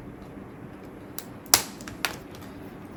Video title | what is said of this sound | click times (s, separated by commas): How to Fix Dell Precision 3570 Overheating & Apply New Thermal Paste | When you hear the click, it means it's in place. | 1.5 s